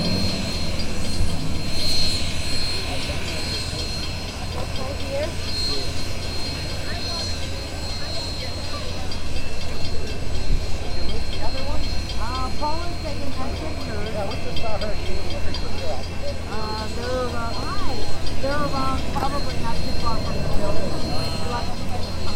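Steam locomotives 844 and Big Boy at Pacific, Missouri, heard as a steady low rumble under constant crowd chatter that grows livelier near the end.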